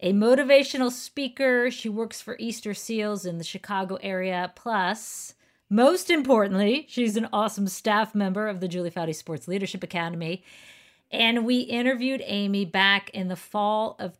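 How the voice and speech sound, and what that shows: An adult woman speaks fluently in a clear, steady voice at a moderate pitch, with natural phrasing and brief pauses between sentences. Articulation is crisp, with no hoarseness or slurring. This is ordinary conversational speech in a quiet room.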